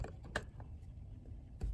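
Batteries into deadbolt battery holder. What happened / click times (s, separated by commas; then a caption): Battery snapped into its holder / 0.4 s. AA batteries are pressed into the battery compartment of a Defiant touchpad deadbolt, giving a sharp snap at 0.4 s among a few softer clicks and handling sounds. The batteries are seated in the holder.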